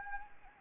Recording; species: mosquito wingbeat signal from an infrared sensor; Anopheles arabiensis